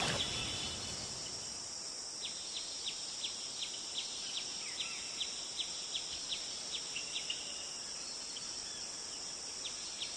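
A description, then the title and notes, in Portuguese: Nature sounds: a steady, bright insect drone fills the air while short high chirps repeat regularly, nearly twice a second, over a quiet background. Sons da Natureza.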